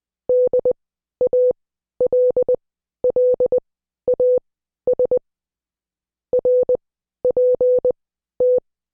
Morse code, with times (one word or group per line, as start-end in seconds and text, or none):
0.3-5.2 DALLAS
6.3-8.6 RPT